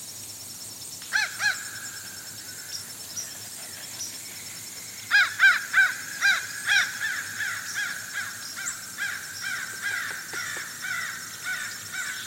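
Fish crows call back and forth in short, nasal caws, first a brief burst near the start, then a denser run of repeated calls from about five seconds on that trails into quicker, softer notes. A faint, steady insect hiss runs underneath throughout.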